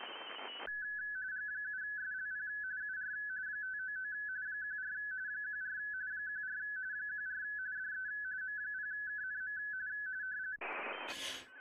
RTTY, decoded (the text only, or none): G7SLP UR 599 14 14 14 14 DE M0KNM